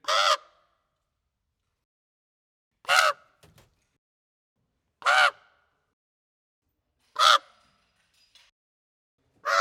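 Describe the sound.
Raven repeating loud, grating caws about every two seconds, five calls in all, with faint clicks between some.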